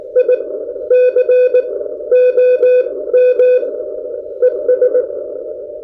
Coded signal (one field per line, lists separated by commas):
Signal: Morse code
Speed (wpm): 20 wpm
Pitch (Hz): 500 Hz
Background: none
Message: ICOM ES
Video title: Reviewing a New Ham Radio Accessory For All Hams